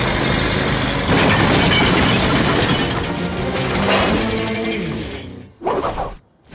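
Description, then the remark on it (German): In Paw Patrol, Mayor Besserwisser's drilling machine smashes through one wall after another while searching for gold: a loud, continuous jackhammer-like drilling roar pounds through masonry, with crumbling and crashing debris, then brief bursts of breaking rubble near the end before it cuts off. “Davon ahnte Bürgermeister Besserwisser allerdings nichts, sondern durchbrach eine Mauer nach der anderen.”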